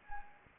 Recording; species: mosquito wingbeat signal from an infrared sensor; Anopheles gambiae